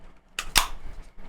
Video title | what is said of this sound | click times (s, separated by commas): Best Tweeters under 500 Rupees -- Best Home Tweeters -- 3 Inch & 4 Inch Dome vs Magnet Tweeters -- | మీకు ఇట్లా అయితే మీకు lock అయిపోద్ది అన్నమాట. మీకు లాకింగ్ ఇష్యూ లో మీకు ఎక్కడ ఉండదు పర్ఫెక్ట్ గా మీకు మొత్తం లాక్ అయిపోయింది. | 0.4 s